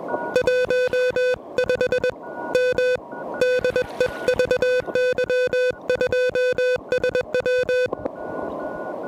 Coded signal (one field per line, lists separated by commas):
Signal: Morse code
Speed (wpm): 20 wpm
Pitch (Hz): 500 Hz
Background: music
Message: 15M DE VY2SW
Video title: POTA ATNO: Pedestrian Mobile QRP from One of My Favorite Places on Planet Earth!